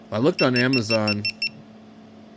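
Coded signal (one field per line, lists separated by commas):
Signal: none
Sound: camera's shutdown beeps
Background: speech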